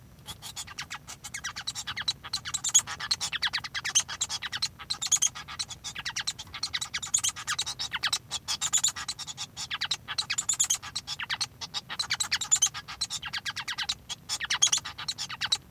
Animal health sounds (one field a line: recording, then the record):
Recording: song of a male Bengalese finch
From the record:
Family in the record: son of father 1